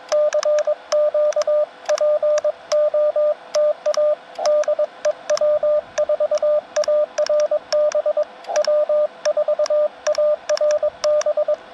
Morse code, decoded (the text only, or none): CQ POTA DE W4ARB W4ARB